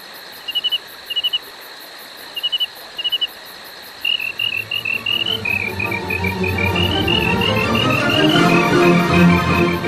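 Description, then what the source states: Crickets chirping in short pulsed bursts of three or four, then chirping more continuously as a loud background noise swells. Recorded at Deer Valley Music Fest.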